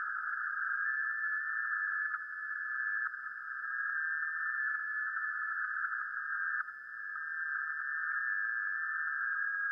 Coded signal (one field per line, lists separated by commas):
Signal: FT8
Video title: 2025-06-17 1800-2359 - Playing Music - Radio - Trailer Updates